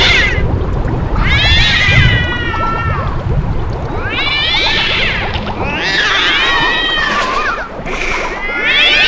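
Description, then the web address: Cats yowl in repeated wavering howls over a low rumble. Howling cats, Halloween theme. "Halloween Nightmare CD Sound Effects -halloween sound effects-howling cats"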